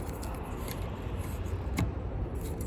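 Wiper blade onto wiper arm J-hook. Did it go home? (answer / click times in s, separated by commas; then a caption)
yes / 1.8 s. A Rain-X Expert Fit C-18 replacement windshield wiper blade (usable at sizes 18 to 24) is worked from the underside onto the metal reverse J-hook wiper arm of a 1997 Camaro RS, with light handling noise over a steady low rumble and a faint tick at 0.7 s. The blade's plastic adapter snaps into place on the hook with a sharp click at 1.8 s, and the blade is seated.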